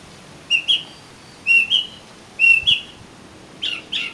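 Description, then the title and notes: Oriental magpie-robin song: short whistled two-part notes repeated about once a second, then brief sharper chirps at the end. "suara kacer. kumpulan suara burung kacer"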